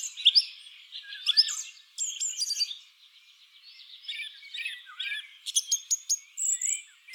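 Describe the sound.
Song thrush song with sharp high notes and short buzzy trills, a quieter stretch midway, then a fast series of repeated clipped notes.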